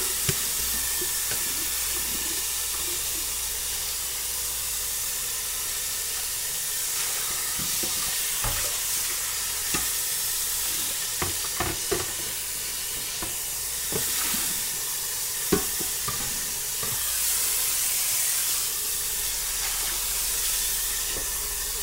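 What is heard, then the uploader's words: Running water pours in a steady, bright hiss while dishes are washed. From about eight seconds on, short clinks and knocks of dishes break in every second or two, with a sharper clink near fifteen seconds, over a soft low rumble. The soothing sounds of washing dishes. The gentle sound of running water mixed with the clinking of dishes.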